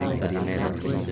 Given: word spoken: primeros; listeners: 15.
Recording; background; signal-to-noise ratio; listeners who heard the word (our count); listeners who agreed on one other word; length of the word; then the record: one Spanish word in noise, from a listening test; eight-talker babble; -2.5 dB; 0 of 15; 7 of 15; 0.72 s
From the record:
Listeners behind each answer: 7, 5, 1, 1, 1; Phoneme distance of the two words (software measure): 27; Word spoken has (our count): 3 syllables, 8 phonemes, stress on syllable 2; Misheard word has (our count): 3 syllables, 7 phonemes, stress on syllable 2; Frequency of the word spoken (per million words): 184.80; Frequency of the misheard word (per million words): 6.52